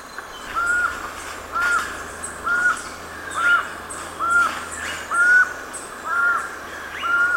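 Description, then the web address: Black-mandibled toucan calling, a steady series of brief yelping notes roughly once a second, over a steady background hiss. Recorded in Ecuador. "Birds of Ecuador. Black-mandibled Toucan"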